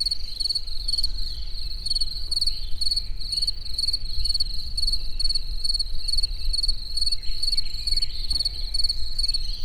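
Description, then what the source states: Cricket song, steady high chirps in rapid pulsed bursts, over a continuous low rumble. In nature towards evening at the Eger tourist house.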